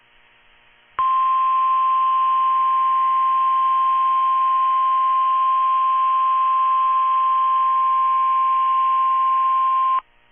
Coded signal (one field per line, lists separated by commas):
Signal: Emergency Alert System (SAME) tones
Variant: 1050 Hz attention tone